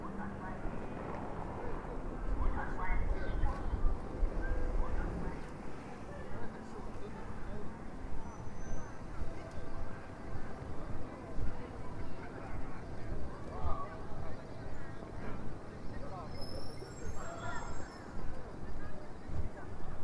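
A busy pedestrian shopping street in Shenyang, filled with a steady, dense murmur of many voices talking. A low rumble sits under the first few seconds, and a few brief high squeaks cut through near the end.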